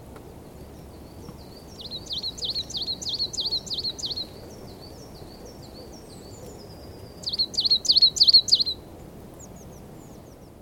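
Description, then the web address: Coal tit song: two bursts of quick, high, repeated two-note phrases, the first about two and a half seconds long, the second shorter, over a steady low background hiss. "linnut kuusitiainen"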